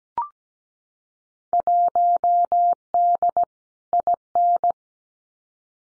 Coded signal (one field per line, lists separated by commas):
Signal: Morse code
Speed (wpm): 17 wpm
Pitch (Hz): 700 Hz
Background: none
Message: 1D IN